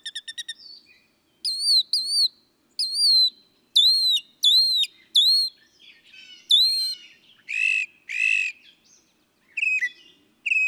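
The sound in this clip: Northern mockingbird song: rapid clicks, then high whistled slurred notes repeated in twos and threes, followed by two harsh buzzy notes and more whistles.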